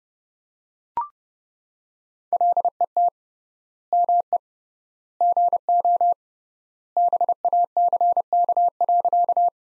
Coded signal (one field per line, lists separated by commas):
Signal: Morse code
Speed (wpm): 30 wpm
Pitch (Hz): 700 Hz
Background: none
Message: LET ME GO BACK.